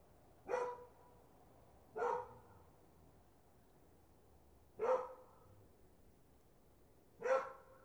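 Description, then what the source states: Dog barking: four short, sharp barks at uneven intervals of a few seconds over a low steady background. More than one dog in the recording.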